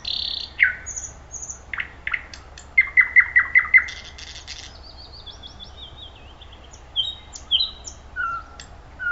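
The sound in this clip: Thrush nightingale song, a series of sharp descending whistled notes repeated quickly, followed by higher thin warbles and a pause before softer phrases resume.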